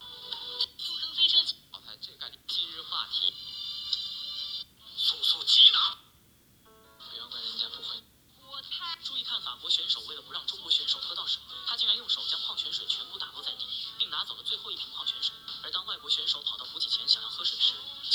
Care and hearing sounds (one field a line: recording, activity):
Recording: daily activity, guitar pickup as the sensor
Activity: browse video